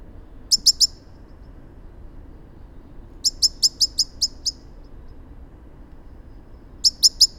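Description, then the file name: Common blackbird calls: three short bursts of sharp, high clicking notes, the middle burst longest, over a low background rumble. "Turdus merula"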